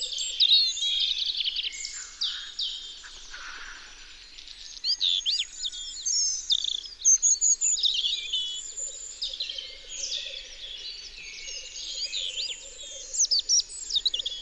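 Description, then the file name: European robin song of varied high warbling phrases separated by short pauses, with a faint low pulsing trill behind it. Recorded in Isère, France. "Rougegorge-familier-Concerts-naturels-de-l Isere-Studio-Les-Trois-Becs"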